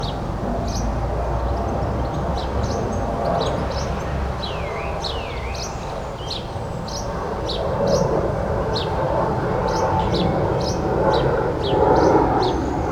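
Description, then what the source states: Bird chirping in quick, high twitters, with a couple of swooping curved notes midway, over constant low background noise. Birdsong in a city garden.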